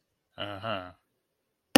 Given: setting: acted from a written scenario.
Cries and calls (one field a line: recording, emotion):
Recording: vocal sound without words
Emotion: neutral